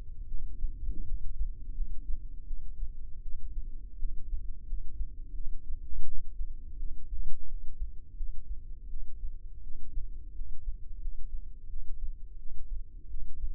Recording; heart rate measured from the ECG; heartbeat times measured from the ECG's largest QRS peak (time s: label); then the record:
heart sounds by microphone in the left ear; 84 bpm
0.26 s: heartbeat
1.04 s: heartbeat
1.72 s: heartbeat
2.45 s: heartbeat
3.20 s: heartbeat
3.97 s: heartbeat
4.64 s: heartbeat
5.33 s: heartbeat
6.04 s: heartbeat
6.77 s: heartbeat
7.46 s: heartbeat
8.15 s: heartbeat
8.88 s: heartbeat
9.61 s: heartbeat
10.33 s: heartbeat
10.99 s: heartbeat
11.67 s: heartbeat
12.37 s: heartbeat
13.08 s: heartbeat
From the record:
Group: healthy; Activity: rest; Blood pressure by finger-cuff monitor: 82/60 mmHg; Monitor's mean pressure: 69 mmHg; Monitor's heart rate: 84 bpm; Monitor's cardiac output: 6.4 L/min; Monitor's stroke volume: 76 mL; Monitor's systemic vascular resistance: 770 dyn s/cm5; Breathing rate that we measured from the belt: 19 breaths a minute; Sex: female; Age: 19 years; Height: 163 cm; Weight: 48.9 kg